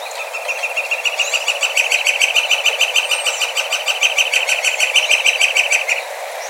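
Northern flicker call: a long, rapid, even run of loud wik notes held at one pitch for about five seconds, then stopping abruptly.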